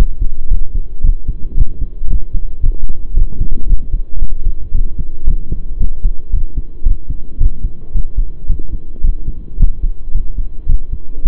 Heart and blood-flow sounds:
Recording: heart sounds by stethoscope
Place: between the tricuspid and mitral areas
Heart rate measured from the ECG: 112 bpm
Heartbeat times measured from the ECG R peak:
0.50 s: heartbeat
1.03 s: heartbeat
1.57 s: heartbeat
2.09 s: heartbeat
2.62 s: heartbeat
3.16 s: heartbeat
3.68 s: heartbeat
4.21 s: heartbeat
4.73 s: heartbeat
5.26 s: heartbeat
5.79 s: heartbeat
6.32 s: heartbeat
6.85 s: heartbeat
7.40 s: heartbeat
7.93 s: heartbeat
8.48 s: heartbeat
9.02 s: heartbeat
9.59 s: heartbeat
10.13 s: heartbeat
10.68 s: heartbeat
11.24 s: heartbeat
From the record:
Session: pedaling a stationary bicycle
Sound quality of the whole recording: saturated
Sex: male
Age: 23 years

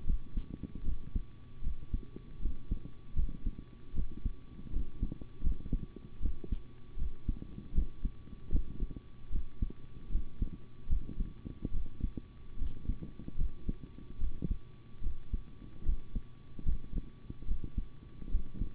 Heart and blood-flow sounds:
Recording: heart sounds by stethoscope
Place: between the tricuspid and mitral areas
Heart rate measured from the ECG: 76 bpm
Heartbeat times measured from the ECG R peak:
0.05 s: heartbeat
0.84 s: heartbeat
1.62 s: heartbeat
2.40 s: heartbeat
3.15 s: heartbeat
3.94 s: heartbeat
4.71 s: heartbeat
5.42 s: heartbeat
6.20 s: heartbeat
6.97 s: heartbeat
7.73 s: heartbeat
8.51 s: heartbeat
9.30 s: heartbeat
10.10 s: heartbeat
10.88 s: heartbeat
11.72 s: heartbeat
12.57 s: heartbeat
13.37 s: heartbeat
14.19 s: heartbeat
15.01 s: heartbeat
15.84 s: heartbeat
16.64 s: heartbeat
17.46 s: heartbeat
18.30 s: heartbeat
From the record:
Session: rest, sitting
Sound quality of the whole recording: good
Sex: male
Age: 25 years

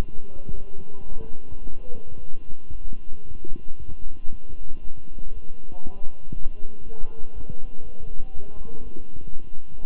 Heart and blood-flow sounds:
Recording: heart sounds by stethoscope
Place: between the tricuspid and mitral areas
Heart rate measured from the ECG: 116 bpm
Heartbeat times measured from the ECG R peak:
0.00 s: heartbeat
0.54 s: heartbeat
1.08 s: heartbeat
1.62 s: heartbeat
2.17 s: heartbeat
2.71 s: heartbeat
3.25 s: heartbeat
3.78 s: heartbeat
4.30 s: heartbeat
4.82 s: heartbeat
5.33 s: heartbeat
5.83 s: heartbeat
6.33 s: heartbeat
6.83 s: heartbeat
7.34 s: heartbeat
7.83 s: heartbeat
8.33 s: heartbeat
8.83 s: heartbeat
9.32 s: heartbeat
9.81 s: heartbeat
From the record:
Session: walking at 3.7 km/h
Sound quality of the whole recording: good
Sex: male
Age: 23 years

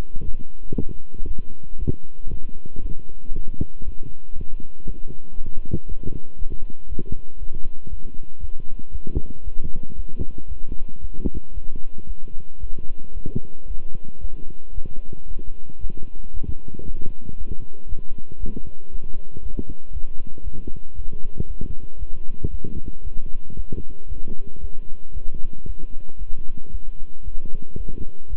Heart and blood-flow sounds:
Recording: heart sounds by stethoscope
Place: between the tricuspid and mitral areas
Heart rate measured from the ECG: 115 bpm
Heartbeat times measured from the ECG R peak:
0.23 s: heartbeat
0.74 s: heartbeat
1.25 s: heartbeat
1.76 s: heartbeat
2.28 s: heartbeat
2.80 s: heartbeat
3.32 s: heartbeat
3.83 s: heartbeat
4.34 s: heartbeat
4.85 s: heartbeat
5.36 s: heartbeat
5.86 s: heartbeat
6.37 s: heartbeat
6.87 s: heartbeat
7.37 s: heartbeat
7.88 s: heartbeat
8.39 s: heartbeat
8.90 s: heartbeat
9.42 s: heartbeat
9.94 s: heartbeat
10.47 s: heartbeat
10.99 s: heartbeat
11.52 s: heartbeat
12.05 s: heartbeat
12.58 s: heartbeat
13.12 s: heartbeat
13.66 s: heartbeat
14.19 s: heartbeat
14.73 s: heartbeat
15.26 s: heartbeat
15.79 s: heartbeat
16.32 s: heartbeat
16.84 s: heartbeat
17.36 s: heartbeat
17.87 s: heartbeat
18.38 s: heartbeat
18.90 s: heartbeat
19.40 s: heartbeat
19.91 s: heartbeat
20.42 s: heartbeat
20.94 s: heartbeat
21.45 s: heartbeat
21.97 s: heartbeat
22.49 s: heartbeat
23.02 s: heartbeat
23.54 s: heartbeat
24.07 s: heartbeat
24.59 s: heartbeat
25.12 s: heartbeat
25.64 s: heartbeat
26.17 s: heartbeat
26.70 s: heartbeat
27.23 s: heartbeat
27.75 s: heartbeat
28.28 s: heartbeat
From the record:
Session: walking at 3.7 km/h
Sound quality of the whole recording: good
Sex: male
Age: 26 years

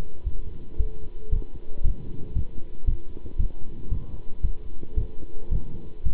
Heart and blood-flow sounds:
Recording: heart sounds by stethoscope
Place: between the tricuspid and mitral areas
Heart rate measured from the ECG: 114 bpm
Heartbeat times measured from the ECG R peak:
0.26 s: heartbeat
0.80 s: heartbeat
1.33 s: heartbeat
1.85 s: heartbeat
2.36 s: heartbeat
2.88 s: heartbeat
3.40 s: heartbeat
3.92 s: heartbeat
4.44 s: heartbeat
4.98 s: heartbeat
5.52 s: heartbeat
6.06 s: heartbeat
From the record:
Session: pedaling a stationary bicycle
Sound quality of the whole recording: good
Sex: male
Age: 27 years

